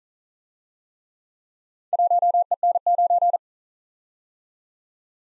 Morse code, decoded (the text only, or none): 1EN9